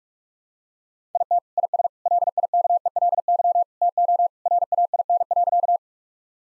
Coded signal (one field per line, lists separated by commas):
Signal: Morse code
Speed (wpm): 43 wpm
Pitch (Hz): 700 Hz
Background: none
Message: IT IS LIKELY TO RAIN.